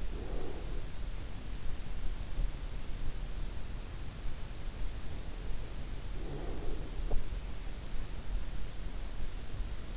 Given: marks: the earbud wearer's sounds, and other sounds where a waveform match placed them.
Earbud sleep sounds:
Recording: sounds in sleep by an in-ear microphone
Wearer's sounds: breath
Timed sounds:
0.00-0.96 s: breath
6.12-7.46 s: breath

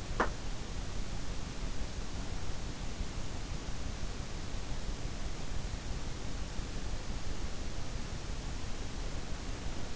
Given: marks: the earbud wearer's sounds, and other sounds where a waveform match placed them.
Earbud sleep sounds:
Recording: sounds in sleep by an in-ear microphone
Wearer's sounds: teeth grinding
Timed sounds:
0.00-0.45 s: teeth grinding

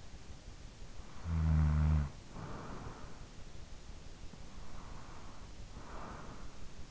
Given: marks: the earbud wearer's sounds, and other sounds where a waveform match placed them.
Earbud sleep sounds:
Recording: sounds in sleep by an in-ear microphone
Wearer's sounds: snoring breath, breath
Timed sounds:
0.98-3.79 s: snoring breath
4.54-6.79 s: breath

